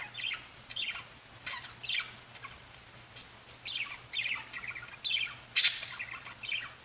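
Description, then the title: Budgerigar chirps, short scratchy notes scattered irregularly with one louder harsh burst near the end, over a faint steady low hum. "Budgie Sounds"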